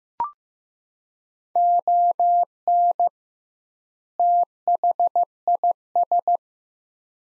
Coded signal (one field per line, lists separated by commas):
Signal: Morse code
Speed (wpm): 15 wpm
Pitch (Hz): 700 Hz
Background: none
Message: ON THIS